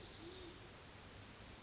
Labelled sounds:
Band-tailed Pigeon (Patagioenas fasciata)
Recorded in Sonoma County, California

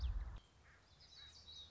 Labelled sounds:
Common Yellowthroat (Geothlypis trichas)
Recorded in Sonoma County, California

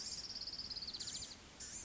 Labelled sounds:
Blue-gray Gnatcatcher (Polioptila caerulea)
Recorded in Sonoma County, California

